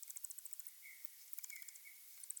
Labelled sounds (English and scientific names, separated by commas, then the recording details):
Hazel Dormouse (Muscardinus avellanarius) call
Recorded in the wild
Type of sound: call
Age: adult
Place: Jena, Thüringen, DE
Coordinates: 50.9128, 11.5238
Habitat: Nestbox
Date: 2024-06-05
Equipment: audiomoth
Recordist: Nüske, Jörg
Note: Nähe Wüstung Möbis: Rufe im Nest zwei Tiere anwesend